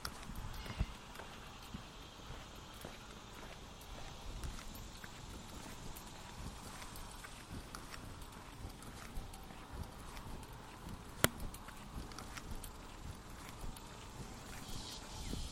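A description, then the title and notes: Footsteps on a neighborhood walk tap along at a fairly regular pace, each step a short crisp click over a steady low rumble and hiss. A sharper, louder knock stands out near eleven seconds, with a smaller one just before the first second. The sounds of my daily lunchtime walk around the neighborhood.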